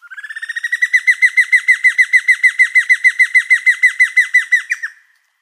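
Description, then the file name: Giant antshrike giving a long run of repeated downslurred notes, starting soft and swelling in volume. "suara giant antshrike. omkicau"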